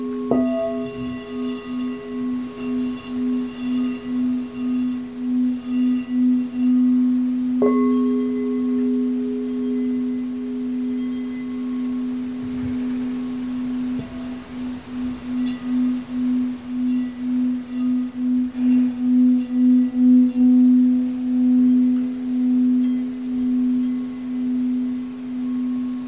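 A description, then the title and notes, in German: Crystal singing bowls ring with a steady, sustained low tone that pulses gently in slow waves throughout. Fresh strikes add brighter overtones near the start, around 8 seconds, and again near 14 and 18 seconds, each fading slowly back into the hum. Klängen der Kristallklangschalen.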